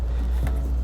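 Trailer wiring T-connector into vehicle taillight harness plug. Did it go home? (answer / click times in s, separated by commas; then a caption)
yes / 0.5 s. On a 2009 Nissan Rogue, the passenger side T-connector from the trailer wiring kit, marked by the color green, is pushed into the vehicle's taillight harness plug. A short, sharp click is heard at 0.5 s over a steady low hum. The connector is seated nice and tight.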